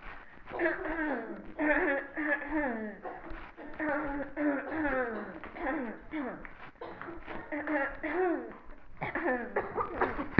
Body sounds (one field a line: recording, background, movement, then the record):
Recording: throat clearing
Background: a bystander coughing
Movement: walking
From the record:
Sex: female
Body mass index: 18.3 kg/m2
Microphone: on the chest, facing the body